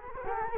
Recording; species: mosquito wingbeat signal from an infrared sensor; Culex quinquefasciatus